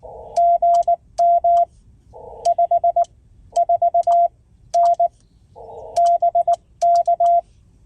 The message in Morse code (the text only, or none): GM 54N BK